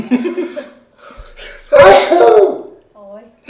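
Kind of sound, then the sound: human body sound, sneeze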